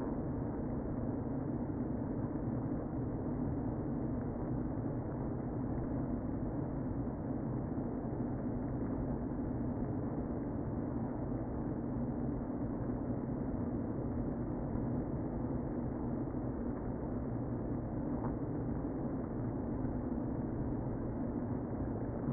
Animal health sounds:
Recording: honeybee colony, microphone inside the hive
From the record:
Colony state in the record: queen present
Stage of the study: before two queens were removed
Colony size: about 60,000 bees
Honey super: yes

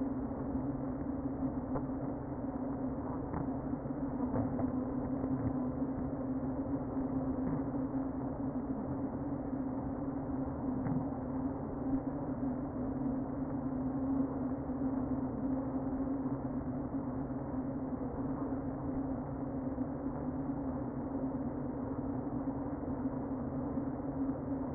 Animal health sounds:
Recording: honeybee colony, microphone inside the hive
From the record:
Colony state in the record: queen present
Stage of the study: before two queens were removed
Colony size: about 60,000 bees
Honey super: yes

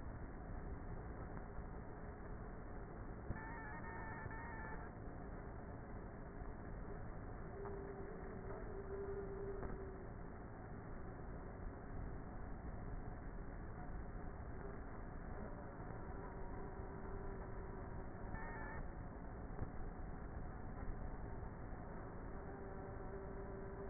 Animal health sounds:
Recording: honeybee colony, microphone inside the hive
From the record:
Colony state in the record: queenless with a low population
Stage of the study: before two queens were removed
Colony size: about 30,000 bees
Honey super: no

